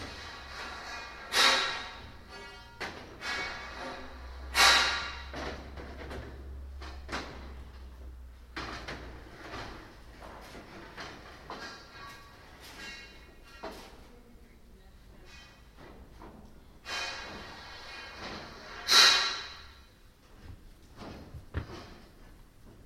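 Construction workers build scaffolding, with sharp metallic clanks and bangs of poles and fittings arriving irregularly, the loudest near 1, 5 and 19 seconds, some ringing briefly. A low rumble, likely an engine, hums underneath for the first several seconds, then fades.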